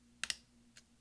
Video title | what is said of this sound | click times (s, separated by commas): RETURN key replacement on the 13" Macbook Pro Early 2009 Core 2 Duo 2.53 Ghz | and now we're going to take our finger and press down on the top until it snaps into place | 0.2 s, 0.3 s